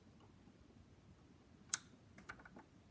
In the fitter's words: Little click there.